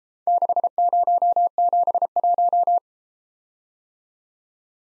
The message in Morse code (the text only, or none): 6071